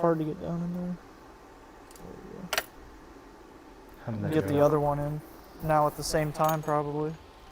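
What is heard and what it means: During a rebuild of a shipping-damaged 72V 3000W Magician Alpha e-bike wheel, a second axle spacer is being fitted onto the axle into the hub at the dropout while someone talks. A brief sharp double tick is heard around 2.5 seconds. The spacer is only handled, and nothing has seated or clicked into place yet.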